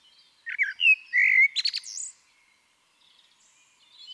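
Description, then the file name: Eurasian blackbird singing one short phrase of rich warbled whistles that ends in a quick run of thin, high squeaky notes, then quiet. "Turdus merula"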